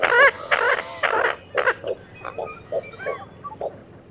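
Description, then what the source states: Common Gallinule cackle, loud wavering clucks at first, then slowing into softer, scattered notes that trail away. Played first in a side-by-side comparison with the American coot in marsh bird survey training; a nasal, high-pitched, inquisitive-sounding cackle, sharper and higher than the coot's, with sharp keck notes.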